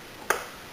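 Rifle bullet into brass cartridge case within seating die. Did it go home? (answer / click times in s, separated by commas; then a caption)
yes / 0.3 s. A rifle bullet is dropped in from the top of a seating die while hand-loading a 7.62x54R round with a simple loader kit, and it pops into place in the brass case mouth with a single sharp, bright click at 0.3 s. The pop has energy spread widely from the low mids up through the highs and decays quickly over a quiet background. The bullet is seated in the case mouth, ready to be tapped down.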